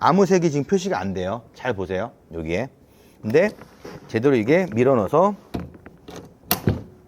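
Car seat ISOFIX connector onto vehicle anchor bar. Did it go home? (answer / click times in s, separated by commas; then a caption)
yes / 6.5 s. Someone talks while a car seat's ISOFIX connector is pushed properly onto the vehicle's anchor bar, with a few small knocks before a sharp click at 6.5 s. The connector clicks home and seats, with its indicator turning green.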